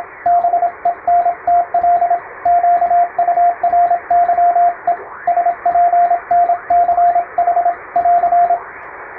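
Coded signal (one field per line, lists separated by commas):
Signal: Morse code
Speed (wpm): 27 wpm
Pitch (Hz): 700 Hz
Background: radio noise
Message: BENTL QURYE SPNCH <AR>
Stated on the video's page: Morse practice for amateur radio CW training, using English-language telegram practice texts; speed is adjustable through playback.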